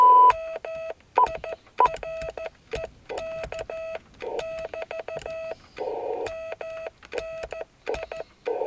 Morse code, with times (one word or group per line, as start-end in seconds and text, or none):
0.3-4.0 MIREK
4.4-5.5 <BT>
6.3-8.2 MNI